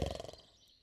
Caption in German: Der Mann auf der Couch schnarcht nicht wie andere Menschen. Er schnarcht im Dreivierteltakt.